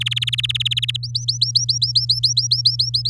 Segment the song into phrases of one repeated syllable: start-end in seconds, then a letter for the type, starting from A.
0.00-0.97 A, 1.03-2.90 B, 2.94-3.09 C